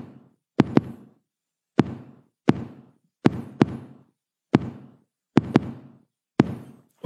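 Sharp knocks imitating heartbeats, about eleven in seven seconds, with no pattern: some come in close pairs, others after long gaps. The rhythm is totally irregular and disordered. This is an imitated irregularly irregular rhythm of atrial fibrillation, a disordered heart rhythm.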